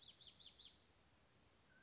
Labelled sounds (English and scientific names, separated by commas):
Anna's Hummingbird (Calypte anna)